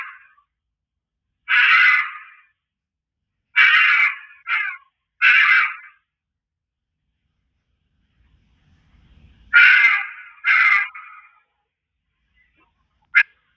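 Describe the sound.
Fox giving harsh, hoarse screams in several short bursts with irregular gaps, ending with a brief yelp.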